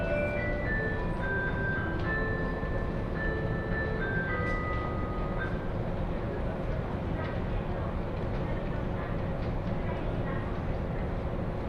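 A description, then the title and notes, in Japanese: A ride on the Joban Line train, with a steady, dense rumble of wheels and running gear filling the low end throughout. For the first five seconds the motor whines in stepped tones that climb one after another, then fade into the even roar. 耳で楽しむ鉄道旅 常磐線 勝田→石岡。というわけで土浦行きは5両のためかなり混んでいます。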